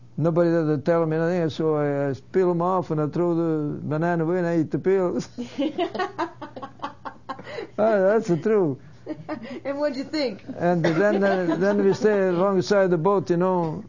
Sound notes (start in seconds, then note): 5.2 they laugh; 10.4 she laughs